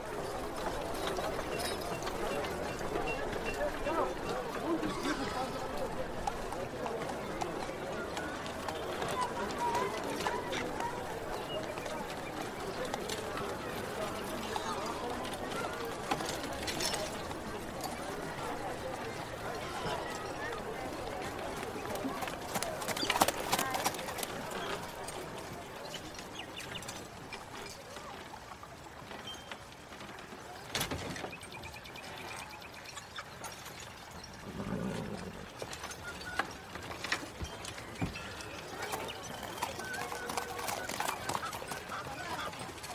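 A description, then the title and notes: A medieval carriage ambience with a steady, dense murmur of voices and activity throughout. Short clattering knocks and scrapes break through now and then, strongest around 23, 31 and 35 seconds, over a constant low rumble. Medieval life ASMR Ambience. Carriage.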